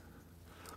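The rear gate of a Micro RONI pistol stabilizer chassis carrying a Vortex Venom is swung shut over a steady low hum. It latches with a short, sharp click at 0.7 s, and the gate is latched closed.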